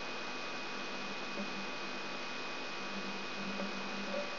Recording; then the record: brain microelectrode recording played as sound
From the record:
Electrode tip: outside the subthalamic nucleus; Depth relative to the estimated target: -6 mm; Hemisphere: right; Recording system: AlphaMap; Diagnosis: Parkinson's disease